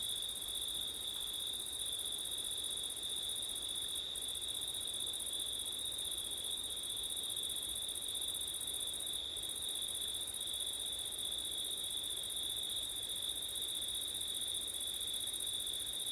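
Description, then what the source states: Crickets trill without pause in a dense, even, high chorus; a fainter upper band stutters off twice. Crickets recorded on a September night with wind.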